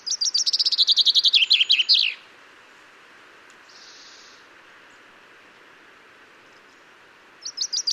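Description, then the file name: Common chaffinch song: a rapid cascade of bright notes falling in pitch and ending with an emphatic flourish; a new phrase starts near the end. "Fringilla coelebs"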